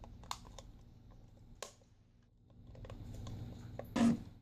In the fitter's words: and then slowly pushing it close together until it snaps in place.